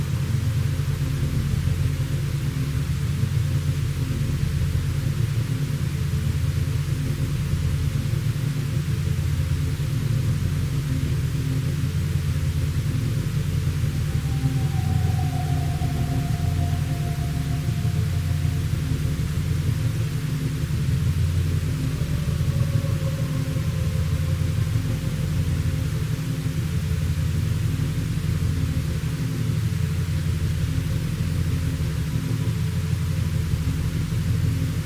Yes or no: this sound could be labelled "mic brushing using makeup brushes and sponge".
no